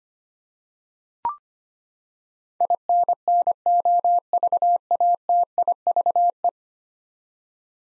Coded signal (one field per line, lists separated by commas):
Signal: Morse code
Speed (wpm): 25 wpm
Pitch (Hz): 700 Hz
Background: none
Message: INNOVATIVE